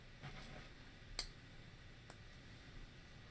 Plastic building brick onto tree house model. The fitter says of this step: Sort of just drops down and locks into place.